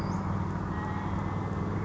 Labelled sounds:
Western Flycatcher (Empidonax difficilis)
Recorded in Sonoma County, California

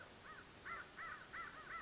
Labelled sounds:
American Crow (Corvus brachyrhynchos)
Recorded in Sonoma County, California

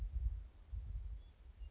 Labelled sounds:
Western Meadowlark (Sturnella neglecta)
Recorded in Sonoma County, California

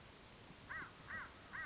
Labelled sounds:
American Crow (Corvus brachyrhynchos)
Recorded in Sonoma County, California

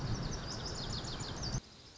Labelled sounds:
Lazuli Bunting (Passerina amoena)
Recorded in Sonoma County, California

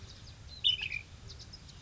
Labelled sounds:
Ash-throated Flycatcher (Myiarchus cinerascens)
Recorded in Sonoma County, California

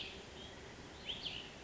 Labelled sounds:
Cassin's Vireo (Vireo cassinii)
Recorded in Sonoma County, California

